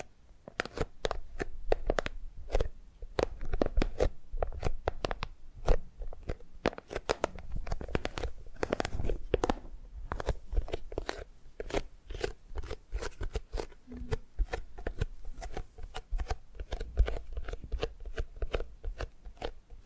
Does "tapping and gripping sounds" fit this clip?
yes